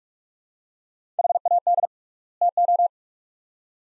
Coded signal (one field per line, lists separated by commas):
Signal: Morse code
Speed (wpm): 41 wpm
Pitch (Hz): 700 Hz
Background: none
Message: HAD TO